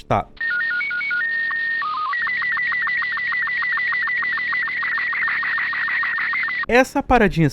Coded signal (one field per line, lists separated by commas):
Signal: SSTV (slow-scan television)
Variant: Robot 36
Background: speech